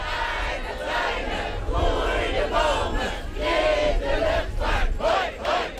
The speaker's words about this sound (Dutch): Het bleef niet bij zingen, schreeuwen en protestleuzen. Actievoerders braken door een hek en ketenden zich vast aan een privéjet.